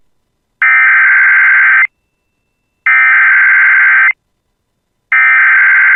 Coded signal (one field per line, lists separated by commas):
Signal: Emergency Alert System (SAME) tones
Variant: header bursts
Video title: [EAS] Severe Thunderstorm Watch for Bemidji Area (Strong Storms) (7/14/25)